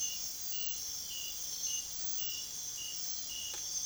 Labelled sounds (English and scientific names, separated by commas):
none